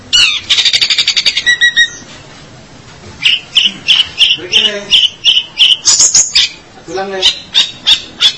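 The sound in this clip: Long-tailed shrike song opening with a rapid buzzy rattle, then a pause, then repeated high chirping notes mixed with lower warbled phrases.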